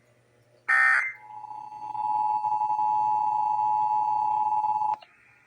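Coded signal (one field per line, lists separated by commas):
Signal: Emergency Alert System (SAME) tones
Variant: 853 and 960 Hz attention tone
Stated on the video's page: Required monthly test as heard on radio and TV stations.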